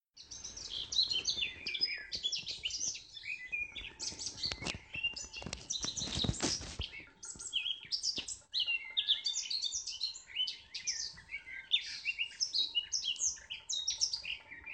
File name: Rossignol